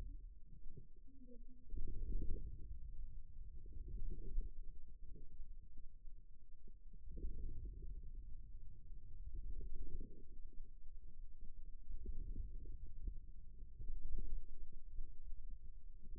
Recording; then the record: forearm muscle sounds (acoustic myography)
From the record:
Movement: wrist extension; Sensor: system 2, bracelet of six BSWA MPA416 microphones around the upper forearm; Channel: 4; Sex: male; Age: 22 years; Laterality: right